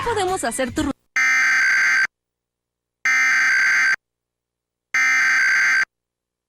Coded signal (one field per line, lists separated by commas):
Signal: Emergency Alert System (SAME) tones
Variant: header bursts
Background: speech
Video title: Various Emergency Alert System (EAS) Tests - Week of 9/6/2021